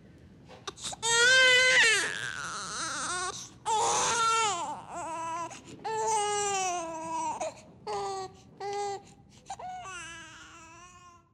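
An infant cries in repeated wailing bursts, roughly two dozen a minute, with strong high-pitched harmonics and brief pauses for breath between cries. This is an ordinary baby cry, with no medical finding attached.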